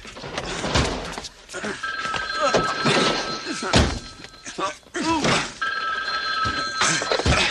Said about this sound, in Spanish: ¡Teléfono!